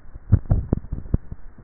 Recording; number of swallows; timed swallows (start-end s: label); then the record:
swallowing sounds by neck microphone; 1
0.38-1.15 s: swallow
From the record:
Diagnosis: dysphagia